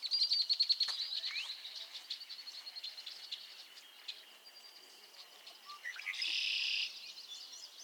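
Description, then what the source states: Frogs calling in a dense chorus, high rapid trilled pulses near the start and then fainter calls, ending with a loud buzzy burst. Chorus of frogs calling to one another on a summer evening at Miners Marsh, Annapolis Valley, Nova Scotia.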